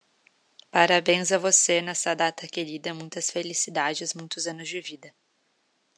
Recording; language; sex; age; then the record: short text; Brazilian Portuguese; female; 20 to 29 years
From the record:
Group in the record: control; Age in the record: 20 years